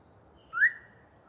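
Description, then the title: Yellow-breasted chat sounding one brief upward-slurred whistle with a quick fall-off, then quiet, on an otherwise still background. Long pre-dawn song bout by one very vocal bird in deciduous cover. "A Very Chatty Yellow-breasted Chat"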